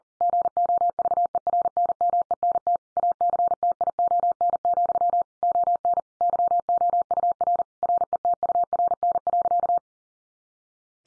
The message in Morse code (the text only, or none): GOVERNMENT ACTION, ON YOUR RETURN.